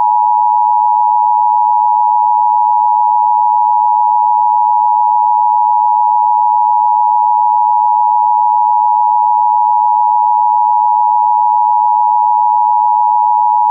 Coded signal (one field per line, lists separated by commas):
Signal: Emergency Alert System (SAME) tones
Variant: 853 and 960 Hz attention tone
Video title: EAS Required Monthly Test (Dec. 2007)